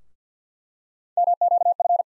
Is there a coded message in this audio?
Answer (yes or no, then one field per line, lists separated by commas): yes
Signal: Morse code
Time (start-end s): 1.2-2.0 s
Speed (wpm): 50 wpm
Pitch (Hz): 700 Hz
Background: none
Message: MQF